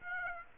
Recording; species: mosquito wingbeat signal from an infrared sensor; Aedes aegypti